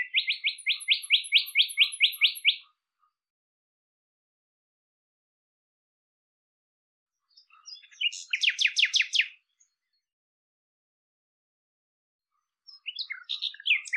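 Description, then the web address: Bird delivering rapid rattling trills in three separate bursts, with long silences between them. "cianscape birddata Deverinetal 2025 Bird Lu Me Lu Me"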